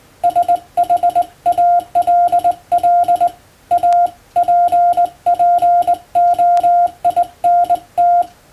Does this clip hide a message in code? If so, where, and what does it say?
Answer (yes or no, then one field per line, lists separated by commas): yes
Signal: Morse code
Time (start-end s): 0.2-8.2 s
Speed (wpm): 20 wpm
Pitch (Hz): 700 Hz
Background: none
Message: SHALL APPOINT